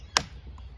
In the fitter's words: and then just feed it into the hole on that G4 carburetor and just push until it clicks